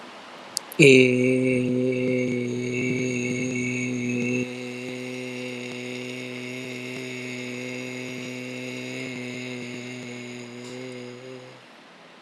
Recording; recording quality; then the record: sustained vowel as in made; excellent, no background noise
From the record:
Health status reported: exposed to COVID-19, no respiratory illness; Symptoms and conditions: none ticked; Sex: male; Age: 25 years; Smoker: yes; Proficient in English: yes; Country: India